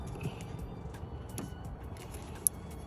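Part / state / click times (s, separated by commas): plastic fitting on the washer fluid tank cap / seated / 2.5 s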